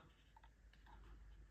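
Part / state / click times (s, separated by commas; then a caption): inner battery cover of a car remote key fob / not seated / none. The black plastic inner cover over the coin battery of a Dacia Duster, Jogger or Sandero car remote key fob is positioned and pressed back into the fob, with quiet, light plastic handling ticks. Nothing has seated or clicked into place yet.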